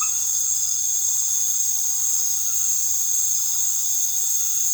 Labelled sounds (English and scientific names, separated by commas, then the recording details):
none
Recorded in secondary vegetation near Puerto Asís, Putumayo, Colombia, on 13 March 2025 at 20:30
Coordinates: 0.489, -76.322
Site G042